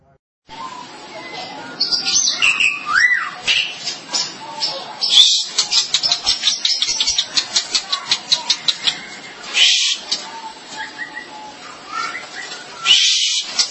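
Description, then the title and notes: Starling song: continuous busy chatter of clicks, rattles and whistled notes, including a fast rhythmic series of clicking notes midway, over a steady background hiss. "suara burung jalak"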